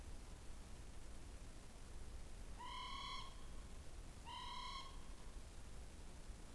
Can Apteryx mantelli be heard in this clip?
no